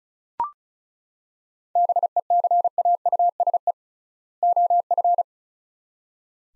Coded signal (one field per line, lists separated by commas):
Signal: Morse code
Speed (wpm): 36 wpm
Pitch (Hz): 700 Hz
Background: none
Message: BECAUSE OF